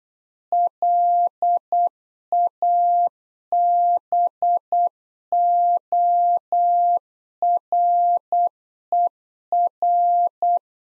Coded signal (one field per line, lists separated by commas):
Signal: Morse code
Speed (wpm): 8 wpm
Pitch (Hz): 700 Hz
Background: none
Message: LABORER